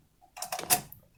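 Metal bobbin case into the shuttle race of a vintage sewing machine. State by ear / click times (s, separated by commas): not seated / none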